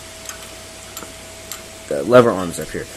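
Rocker arms are placed up on the cylinder head of a Honda 6.5 HP clone small engine, before a rocker arm snaps into place on top of its push rod. Light metal ticks sound at about 0.3, 1.0 and 1.5 seconds, then someone talks. Nothing has seated or clicked yet.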